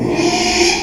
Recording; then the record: squeal of a Yucatan mini pig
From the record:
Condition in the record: after surgery on the right vocal fold (resection and tissue-engineered implant); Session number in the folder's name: 2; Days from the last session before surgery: 13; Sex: male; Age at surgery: 12 weeks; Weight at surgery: 13 kg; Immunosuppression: cyclosporine, prednisolone